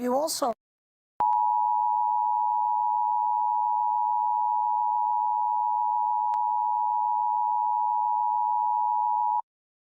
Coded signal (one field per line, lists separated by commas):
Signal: Emergency Alert System (SAME) tones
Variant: 853 and 960 Hz attention tone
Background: speech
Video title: Various Emergency Alert System (EAS) Tests - Week of 9/13/2021